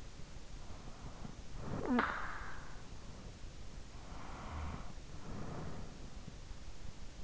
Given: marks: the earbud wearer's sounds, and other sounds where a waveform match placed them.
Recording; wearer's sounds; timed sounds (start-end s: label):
sounds in sleep by an in-ear microphone; snoring breath, breath
0.39-3.53 s: snoring breath
3.65-6.39 s: breath